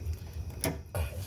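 A second fuel line quick-connector is pushed onto its line at the fuel pump during a fuel pump replacement on a 2000 Lincoln Town Car with the 4.6L engine. Soft handling noises come first, then a sharp click at 0.6 s as the connector seats, followed by a duller knock near 1.0 s. The connector is confirmed seated.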